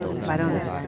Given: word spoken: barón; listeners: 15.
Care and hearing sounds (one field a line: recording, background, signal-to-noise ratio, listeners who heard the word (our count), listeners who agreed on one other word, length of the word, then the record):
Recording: one Spanish word in noise, from a listening test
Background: eight-talker babble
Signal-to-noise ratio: 1.0 dB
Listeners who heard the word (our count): 3 of 15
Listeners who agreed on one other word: 10 of 15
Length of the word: 0.47 s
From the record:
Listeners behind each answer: 10, 3, 1, 1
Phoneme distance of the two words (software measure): 10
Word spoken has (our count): 2 syllables, 5 phonemes, stress on syllable 2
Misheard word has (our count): 2 syllables, 5 phonemes, stress on syllable 2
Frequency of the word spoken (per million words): 6.12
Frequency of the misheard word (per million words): 1.23